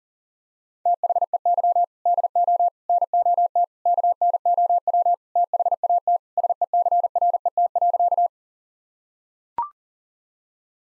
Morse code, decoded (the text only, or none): THEY DO NOT KNOW THAT SECRET.